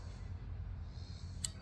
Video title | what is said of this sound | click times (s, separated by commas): Crosman Model 157 .177 CO2 Pistol Table Top Review. Flying Can Ranch | if you were to pull your caulking lever you'll hear it | 1.5 s